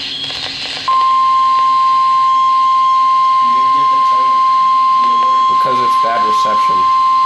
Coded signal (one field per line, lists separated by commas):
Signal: Emergency Alert System (SAME) tones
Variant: 1050 Hz attention tone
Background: speech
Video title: Severe T-Storm Warning [EAS #47] 7-4-12